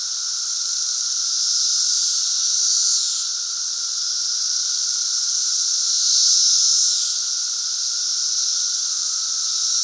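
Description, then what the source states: Periodical cicada chorus, a dense high buzzing drone with two loud swells that fall off in pitch, over a steady lower whine throughout. Chorus in Central Illinois during the 2024 cicada super bloom.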